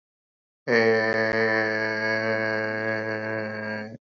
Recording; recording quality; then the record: sustained vowel as in made; excellent, no background noise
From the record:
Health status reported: exposed to COVID-19, no respiratory illness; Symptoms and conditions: cold, sore throat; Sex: male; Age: 33 years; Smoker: not ticked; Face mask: not worn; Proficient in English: yes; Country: India